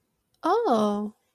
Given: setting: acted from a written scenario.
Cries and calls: vocal sound without words; interest

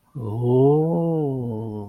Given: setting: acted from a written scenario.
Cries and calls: vocal sound without words; desire

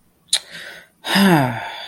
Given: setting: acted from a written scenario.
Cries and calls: vocal sound without words; confusion

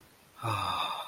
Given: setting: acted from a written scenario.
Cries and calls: vocal sound without words; relief

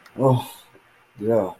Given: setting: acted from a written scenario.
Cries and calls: vocal sound without words; relief

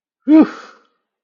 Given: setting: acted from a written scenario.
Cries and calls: vocal sound without words; relief

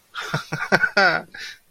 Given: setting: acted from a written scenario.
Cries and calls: vocal sound without words; elation

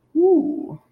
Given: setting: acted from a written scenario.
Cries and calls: vocal sound without words; interest

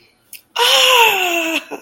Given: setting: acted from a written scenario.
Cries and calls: vocal sound without words; elation

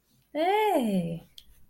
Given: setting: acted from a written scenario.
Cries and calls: vocal sound without words; interest

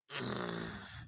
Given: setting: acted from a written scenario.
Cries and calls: vocal sound without words; embarrassment

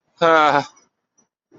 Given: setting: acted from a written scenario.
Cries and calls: vocal sound without words; embarrassment

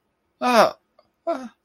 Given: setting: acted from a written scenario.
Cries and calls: vocal sound without words; disappointment

